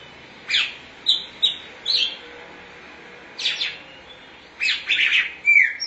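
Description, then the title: Oriental magpie-robin song of short high scratchy notes and brief bursts, given in spaced groups with pauses between. Chirping song (kicauan) of the bird. "Suara Kicauan Burung Kacer Durasi Panjang"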